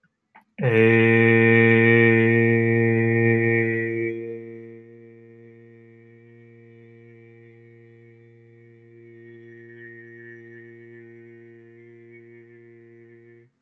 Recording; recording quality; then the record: sustained vowel as in made; excellent, no background noise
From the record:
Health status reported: healthy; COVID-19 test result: not tested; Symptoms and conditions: none ticked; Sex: male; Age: 33 years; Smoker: not ticked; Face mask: not worn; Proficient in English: yes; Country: United States